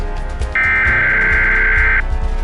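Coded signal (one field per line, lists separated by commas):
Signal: Emergency Alert System (SAME) tones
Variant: header bursts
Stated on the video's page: Fan-made fictional alert, not a real broadcast.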